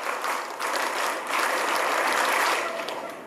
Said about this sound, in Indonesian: Halo, coba semuanya tepuk satu. Alah kayak gini harus kompak gimana. Tepuk satu, tepuk dua, tepuk tiga, tepuk pramuka.